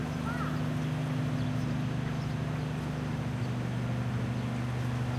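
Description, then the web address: Honey bees buzzing, a steady low droning hum that drops slightly in pitch partway through, with a faint background hiss. Hive buzz while the queen cage is being removed from the hive, recorded 4 May 2010. "bees 20100504 remove queen cage"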